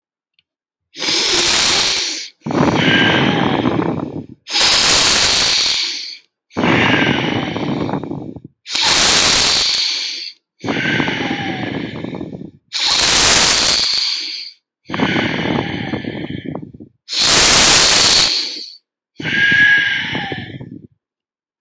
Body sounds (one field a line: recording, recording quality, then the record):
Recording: deep breathing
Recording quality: excellent, no background noise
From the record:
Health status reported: healthy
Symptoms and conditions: none ticked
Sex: male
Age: 26 years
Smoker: not ticked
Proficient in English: yes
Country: India